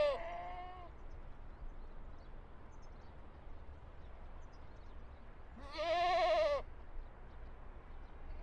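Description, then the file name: Goats bleating: a fading bleat at the start, then a loud trembling, nasal bleat later, over steady background noise. Recorded at Terezín. "chevres terezin"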